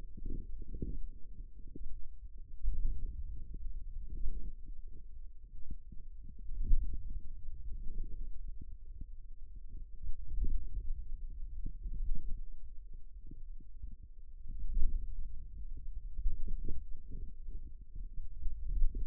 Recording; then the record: forearm muscle sounds (acoustic myography)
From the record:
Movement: hand opening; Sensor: system 2, bracelet of six BSWA MPA416 microphones around the upper forearm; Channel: 2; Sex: male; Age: 22 years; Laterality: right